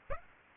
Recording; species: mosquito wingbeat signal from an infrared sensor; Aedes aegypti